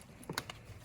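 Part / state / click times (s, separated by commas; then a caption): spark plug wire into plastic wire retaining clip / seated / 0.4 s. On a 2001–2011 Ford Ranger, a spark plug wire is tucked underneath and pressed down into a plastic wire retaining clip. A soft tap near 0.3 s leads to a sharp snap at 0.4 s, followed by a weaker tick at 0.5 s. The wire seats in the clip with that snap at 0.4 s.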